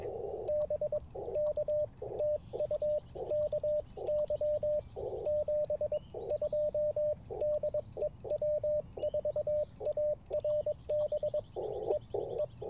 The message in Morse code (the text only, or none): BK TU KY 72 DE W4ARB E E